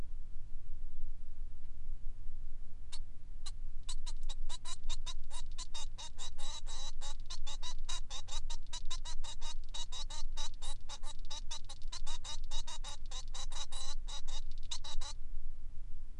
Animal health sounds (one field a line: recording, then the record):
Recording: song of a male Bengalese finch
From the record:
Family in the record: son of father 3